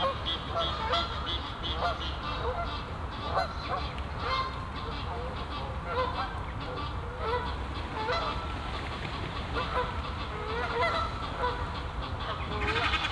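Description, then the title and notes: Goose: geese honking repeatedly, a busy chorus of harsh nasal calls running through the whole stretch above steady low noise. Geese on the pond of Bouchout castle, Meise botanical garden, Belgium; binaural recording. "Plantentuin, Meise, Belgique - Oies - Geese. Meise, jardin botanique. Des oies sur l'étang du chateau de Bouchout. Meise botanical garden. Geese on the pond of the castle Bouchout"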